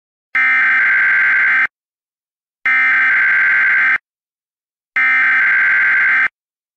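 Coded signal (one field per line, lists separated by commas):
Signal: Emergency Alert System (SAME) tones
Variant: header bursts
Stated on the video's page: Fictional EAS scenario, a remastered version of another creator's scenario.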